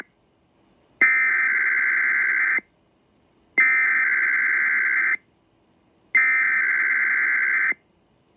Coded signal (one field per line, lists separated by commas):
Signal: Emergency Alert System (SAME) tones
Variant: header bursts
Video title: EAS 441-442 KDKA RWT + Usual Relays + Shenanigans